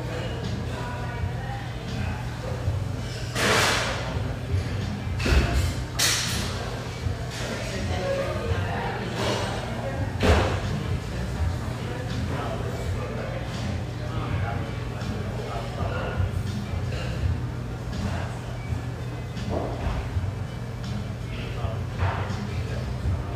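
A café's steady murmur of overlapping voices runs throughout, over a constant low hum. Sharp clinks and clatters of dishes break through every few seconds, loudest around the 3, 5, 6, 10 and 20 second marks.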